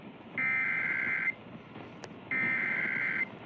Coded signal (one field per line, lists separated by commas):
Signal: Emergency Alert System (SAME) tones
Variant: header bursts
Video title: EAS Alerts from March 30th-31st, 2025: An EAS Compilation - Enhanced Risks